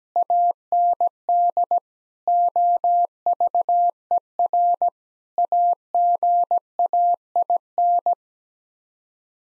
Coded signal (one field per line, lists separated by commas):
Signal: Morse code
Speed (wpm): 17 wpm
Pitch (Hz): 700 Hz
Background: none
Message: AND OVER AGAIN